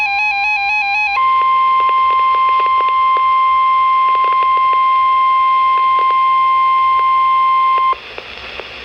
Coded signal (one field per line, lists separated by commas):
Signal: Emergency Alert System (SAME) tones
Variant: 1050 Hz attention tone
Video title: Tornado Warning (EAS #932) 6/22/16